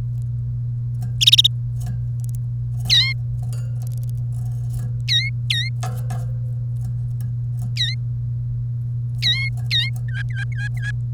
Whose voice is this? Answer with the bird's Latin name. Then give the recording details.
Serinus canaria. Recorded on 1 May 2018 at 08:29. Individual llb3